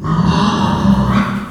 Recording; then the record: squeal of a Yucatan mini pig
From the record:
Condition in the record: after surgery on the right vocal fold (resection and tissue-engineered implant); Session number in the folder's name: 15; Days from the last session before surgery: 175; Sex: female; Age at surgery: 19 weeks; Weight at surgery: 25 kg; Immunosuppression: prednisolone